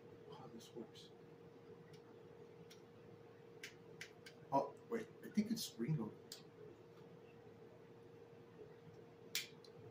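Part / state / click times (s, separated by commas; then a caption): grapnel projectile into toy grapnel launcher / seated / 9.4 s. Someone talks while handling a NECA 1989 Batman toy grapnel launcher, pushing the plastic grapnel projectile all the way into the launcher barrel. A sharp click at 9.4 s marks the projectile locking into place, fully seated.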